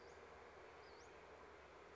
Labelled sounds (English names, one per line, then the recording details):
Western Flycatcher
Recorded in Sonoma County, California